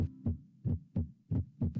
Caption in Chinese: 这个声音是属于正常的心脏声音。 痛贴痛贴就是两个声音我们通常呢能听到的是痛贴痛贴，就是很清晰很清晰，感觉很有力量，心脏对收缩舒张收缩舒张这样子。